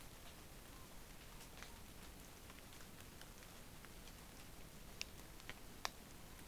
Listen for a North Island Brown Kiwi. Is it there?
no